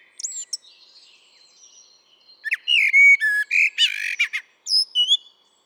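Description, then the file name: Eurasian blackbird: faint high twitters first, then a loud phrase of fluted whistles and sharp rapid chirps, closing with thin high squeaks. "Turdus merula"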